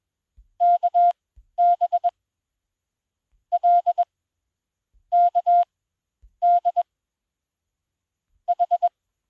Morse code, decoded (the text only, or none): KB L K D H